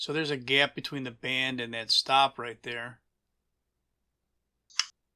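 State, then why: Seated. On a Husqvarna 450 chainsaw, the metal brake band is pushed up onto its perch, the stop next to the clutch drum, so the cover can fit over the drum. Someone talks for the first three seconds, then after a silence a single sharp snap at 4.8 s marks the band seating in place.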